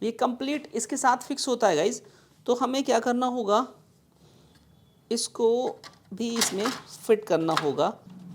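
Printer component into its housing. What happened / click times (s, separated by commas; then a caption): The plastic part is handled but has not yet clicked into place / none. A plastic printer part is being handled near its housing, where it will be pushed into its mating part. Someone talks through most of the clip, with a quiet gap around 4 to 5 seconds and no distinct clicks. Nothing has seated or clicked yet.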